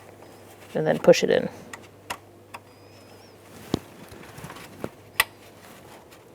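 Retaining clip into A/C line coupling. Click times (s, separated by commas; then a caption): 5.2 s. Someone talks while a retaining clip is pushed into the A/C line coupling on the driver's side of a 2007-2017 Ford Expedition 5.4L V8 during replacement of the A/C condenser and receiver drier assembly. A few faint ticks and handling noises follow, then a sharp click at 5.2 s as the clip seats, with nothing meant to be left sticking out.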